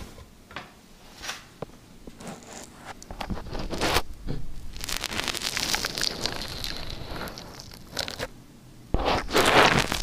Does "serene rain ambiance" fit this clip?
no